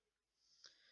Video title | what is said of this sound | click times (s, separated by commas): Pressure KingPro 5l - Unboxing and cooking two recipes - low vol sorry, turn speakers up! | When you've done that, you hear a click, and when that LCD panel's lined up, the top and the bottom, | 0.7 s